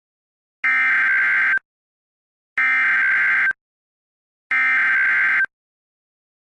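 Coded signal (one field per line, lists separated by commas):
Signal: Emergency Alert System (SAME) tones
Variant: header bursts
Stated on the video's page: Simulated EAS alert for a disaster scenario in the game BeamNG.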